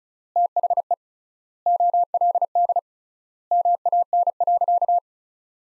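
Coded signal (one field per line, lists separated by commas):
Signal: Morse code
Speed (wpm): 36 wpm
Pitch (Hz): 700 Hz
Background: none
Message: THE OLD MAN.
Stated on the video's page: Practice sentences of the top 500 words sent at 35 wpm with 3x standard word spacing, a word-based analogue of Farnsworth spacing.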